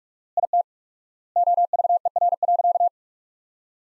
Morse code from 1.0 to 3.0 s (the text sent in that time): OVER.